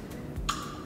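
A click-type torque wrench tightens a new spark plug into the cylinder head of an abandoned barn-find Datsun 260Z. A single sharp click sounds at 0.5 s, showing the wrench has reached its set torque.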